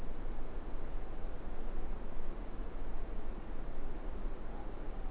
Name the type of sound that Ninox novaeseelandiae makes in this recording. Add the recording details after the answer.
more-pork call. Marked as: faintness 5/5. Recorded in New Zealand. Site Eglinton